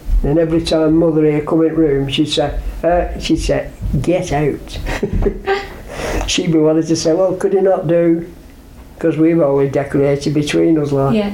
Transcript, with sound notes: Then every time mother here come into room, she'd say, "Eh", she said, "Get out!" [laughs] She'd be liable to say, "Could he not do?" 'Cause we've always decorated between us like.